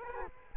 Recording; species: mosquito wingbeat signal from an infrared sensor; Culex quinquefasciatus